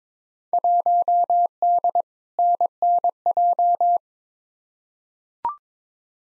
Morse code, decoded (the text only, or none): 1D NNJ